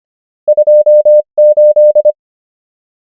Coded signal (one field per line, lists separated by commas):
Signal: Morse code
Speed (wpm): 25 wpm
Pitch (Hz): 600 Hz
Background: none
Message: 28